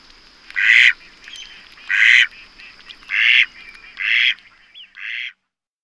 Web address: Les canards. un jour a la ferme